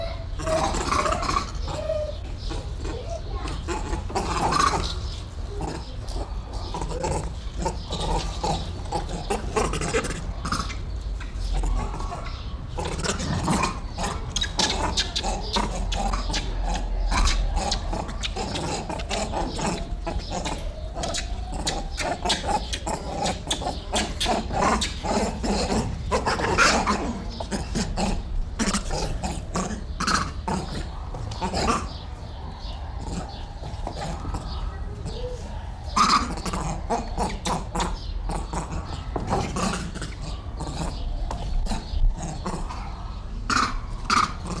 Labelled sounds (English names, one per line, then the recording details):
Grivet
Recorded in captivity
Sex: group
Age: diverse
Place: Zoo Berlin, Berlin, DE
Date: 1994-04-02 10:28
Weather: wolkig bis heiter, 8-10°C
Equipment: Marantz CP 430, Sennheiser ME 80, Kopie Uher Variocord 263
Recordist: Tembrock, Günter